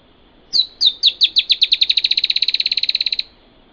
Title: LuckyPassaro Completos2Sama. Dusky-tailed Antbird (Drymophila malura)